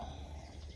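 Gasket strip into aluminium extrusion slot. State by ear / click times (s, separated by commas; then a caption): not seated / none. A rubber or plastic gasket strip is handled at the slot of an 8020 aluminium T-slot extrusion panel frame, ready to be tucked in. Only a steady low hum and faint handling noise are heard for 0.8 seconds. Nothing has seated or clicked yet.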